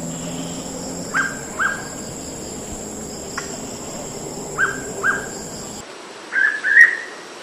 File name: pitta sordida